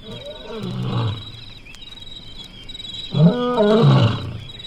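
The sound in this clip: Animal calls: two low groaning cries, the second louder and wavering, over a quiet background.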